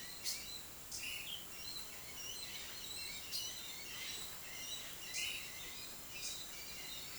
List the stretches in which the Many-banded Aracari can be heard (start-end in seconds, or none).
0.00-7.19